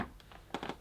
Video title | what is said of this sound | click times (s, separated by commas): Rug Doctor FlexClean Carpet & Floor Washer Unboxing & Demonstration | make sure they're in position then you push the nozzle forward until it clicks | 0.5 s